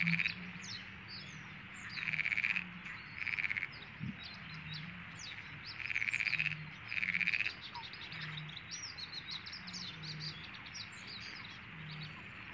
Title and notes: Ambiance - Marais du Liguaneau en Camargue. 01 mai 1995, lever du jour tranquille dans le marais du Liguaneau. avec en toile de fond des Grenouilles de Perez (Pelophylax perezi)